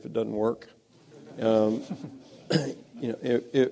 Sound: laughter

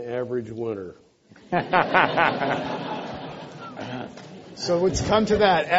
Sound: laughter

